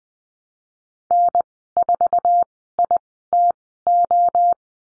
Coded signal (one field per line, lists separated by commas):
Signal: Morse code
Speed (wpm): 20 wpm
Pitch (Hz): 700 Hz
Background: none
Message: N4ITO